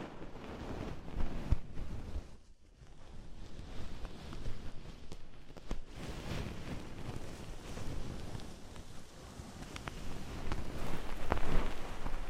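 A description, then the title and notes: Oil and foam rubbed over the ears in an ASMR massage make a dense, crackling, rustling texture with a heavy low rumble. It swells and fades in uneven waves, dropping almost to silence near two and a half seconds, with occasional sharp clicks and pops throughout. ASMR Oil, Foam and Tingly Ear Massage.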